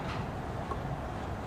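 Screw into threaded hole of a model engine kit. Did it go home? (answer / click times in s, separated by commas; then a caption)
no / none. A previously cross-threaded screw is being started into a better-threaded hole of an HM-01 updated model engine kit. Only a steady low background hiss is heard, with no distinct click or other sharp sound. The screw does not thread in or catch, and nothing has seated or clicked yet.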